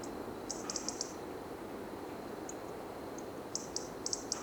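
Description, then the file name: European robin giving short runs of high, sharp ticks, a cluster early on and another toward the end, with scattered single notes between and soft hiss. "Erithacus rubecula"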